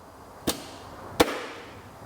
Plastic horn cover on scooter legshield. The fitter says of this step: the horn cover just snaps into place at the bottom just